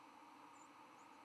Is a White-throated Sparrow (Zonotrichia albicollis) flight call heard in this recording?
no